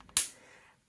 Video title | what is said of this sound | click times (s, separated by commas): Use any stamp set for this fun fold card! Save this design! | one thing you want to note when you're using these alcohol markers is to make sure you put the cap back on and hear it click | 0.2 s